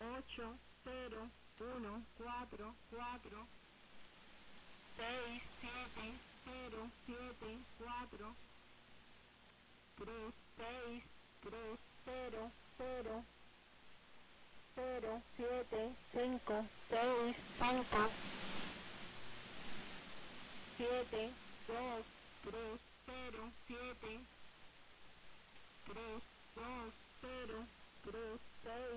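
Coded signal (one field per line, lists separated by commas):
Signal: numbers station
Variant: V2a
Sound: voice reading single digits at an even pace in groups, short pauses between groups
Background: radio static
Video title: Numbers Station V2a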